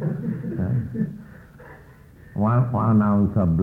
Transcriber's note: laughter